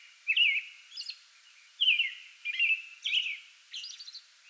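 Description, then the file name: American robin singing several slurred whistled phrases with some higher thin notes. Pre-dawn song bout, recorded 8 May 2022. "2022-05-08 American Robin pre-dawn song bout"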